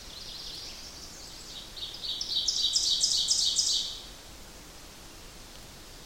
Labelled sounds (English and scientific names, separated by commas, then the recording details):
Ovenbird (Seiurus aurocapilla) song
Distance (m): 15 m
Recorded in boreal forest in Alberta, Canada, on 8 June 2016 at 07:45
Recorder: SongMeter 3, array SBT-3-9
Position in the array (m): 42 m, 98 m
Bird 33